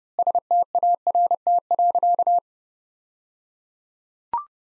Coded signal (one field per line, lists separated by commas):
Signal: Morse code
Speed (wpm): 30 wpm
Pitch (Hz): 700 Hz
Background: none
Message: START.